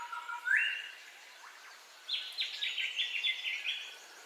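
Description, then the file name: Birds calling: a rising whistled note, then a quick run of bright chirps, over soft hiss. Dawn birdcall ambience, in stereo. "AMBIENCE DAWN BIRDCALLS 03 STEREO"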